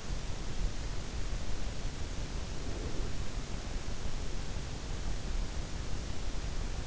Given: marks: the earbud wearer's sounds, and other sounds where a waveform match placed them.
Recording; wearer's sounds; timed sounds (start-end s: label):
sounds in sleep by an in-ear microphone; breath
2.52-4.15 s: breath